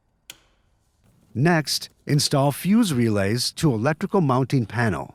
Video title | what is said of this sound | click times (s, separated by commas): 2024+ RZR XP - Windshield Wiper Kit Installation - Polaris RZR® | and align to switch and connect the switch to harness connector and snap into place in the dashboard. | 0.3 s